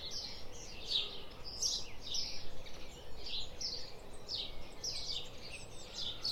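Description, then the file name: House sparrow giving quick repeated chirps over constant low rumbling noise. "Passer domesticus"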